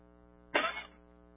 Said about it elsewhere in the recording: I had to have a quick cough there.